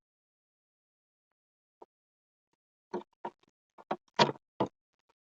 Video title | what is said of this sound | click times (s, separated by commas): How to Replace a Turn Signal Light Bulb on a 2012 - 2014 Ford Focus | let's go clockwise and it snaps into place | 4.6 s